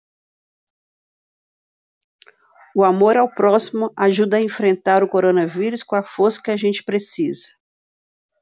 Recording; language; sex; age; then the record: spoken sentence; Brazilian Portuguese; female; 60 to 69 years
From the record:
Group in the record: control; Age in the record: 61 years